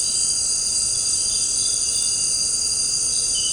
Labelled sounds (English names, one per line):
none